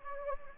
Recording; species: mosquito wingbeat signal from an infrared sensor; Anopheles gambiae